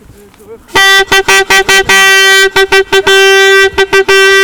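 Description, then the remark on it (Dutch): A vuvuzela blares a loud, buzzy, steady-pitched tone at a noise protest outside the detention centre at Schiphol, Netherlands, sputtering into a string of short choppy blasts separated by quick gaps, then holding longer stretches before more rapid bursts. “Dat is de toeter van Jo. Is dat een officiële Fuzuela of niet? Ja, dat is mijn Fuzuela.”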